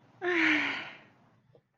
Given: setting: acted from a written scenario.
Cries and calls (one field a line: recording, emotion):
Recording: vocal sound without words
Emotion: pride